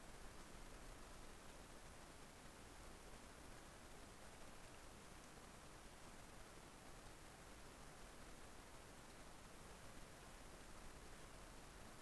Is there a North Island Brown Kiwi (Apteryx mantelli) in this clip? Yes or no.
no